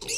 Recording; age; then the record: pig call; weaner (32 to 43 days)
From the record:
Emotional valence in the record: negative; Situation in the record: short isolation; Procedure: open field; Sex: female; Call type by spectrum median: high-frequency call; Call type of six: mixed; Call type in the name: high-frequency stable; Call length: 0.18 s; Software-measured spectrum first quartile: 2646 Hz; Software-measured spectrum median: 5117 Hz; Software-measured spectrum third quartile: 6877 Hz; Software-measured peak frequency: 5555 Hz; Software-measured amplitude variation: 123 dB a second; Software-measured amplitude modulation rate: 11.3 a second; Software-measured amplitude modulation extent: 10.9 dB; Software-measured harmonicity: 3.2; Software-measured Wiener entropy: -2.15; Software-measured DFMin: 764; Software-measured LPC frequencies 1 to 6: 507, 2715, 3858, 4501, 5705, 6385 Hz